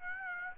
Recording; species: mosquito wingbeat signal from an infrared sensor; Aedes aegypti